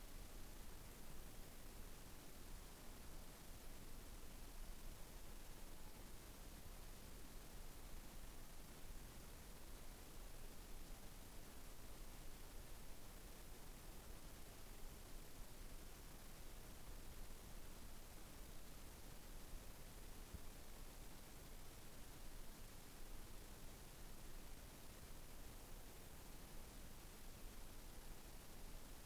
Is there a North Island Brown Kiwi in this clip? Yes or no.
no